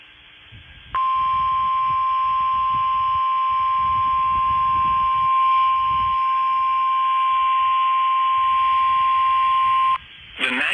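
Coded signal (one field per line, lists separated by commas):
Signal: Emergency Alert System (SAME) tones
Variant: 1050 Hz attention tone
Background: speech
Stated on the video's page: Real alerts received on weather radios, including Special Marine Warnings.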